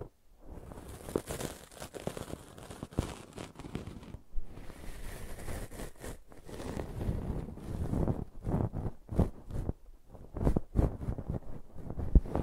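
Brushing and scratching, with dense, uneven rustling strokes that swell and fade. The first half is a steadier scratchy wash. After about eight seconds it turns into sharper, quicker bursts with brief pauses between them, and some strokes carry a low thump.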